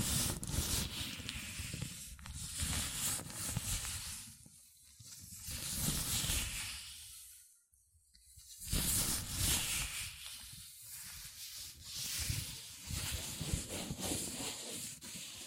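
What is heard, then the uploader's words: Latex gloves rub and squeak against each other in slow, continuous waves of soft friction. The rustling swells and fades every few seconds, with a near-silent pause around eight seconds before the rubbing resumes, steady and dense, through to the end. ASMR Latex Gloves Hand Sounds (No Talking).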